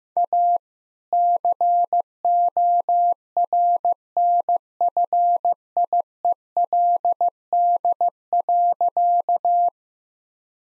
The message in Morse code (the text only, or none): A CORNFIELD.